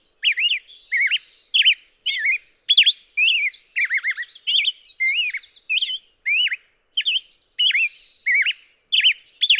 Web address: birdsongforthecurious Black-headed Grosbeak